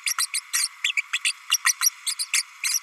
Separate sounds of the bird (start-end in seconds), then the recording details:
0.06-0.14, 0.18-0.26, 0.33-0.40, 0.53-0.68, 0.84-0.92, 0.96-1.01, 1.12-1.19, 1.24-1.32, 1.51-1.57, 1.66-1.73, 1.80-1.90, 2.06-2.15, 2.19-2.26, 2.33-2.42, 2.63-2.79. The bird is a female. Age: 32 days. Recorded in a nest box in Venezuela. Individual 17B32A5